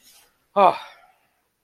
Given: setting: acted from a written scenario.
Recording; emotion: vocal sound without words; relief